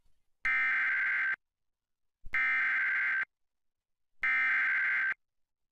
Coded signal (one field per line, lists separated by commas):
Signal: Emergency Alert System (SAME) tones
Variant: header bursts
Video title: FOX56 EAS During "Maury Show" (6/19/17)